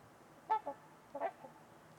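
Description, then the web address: Trumpeter swan giving two short, nasal, trumpet-like calls over a quiet background. Trumpeter swans on a winter's eve at Winters Lake in a deep, silent valley in winter. "Trumpeter Swans on a Winter's Eve. Nick-Mc Mahan Winters-Lake-with-Swan. Wind Is the Original Radio"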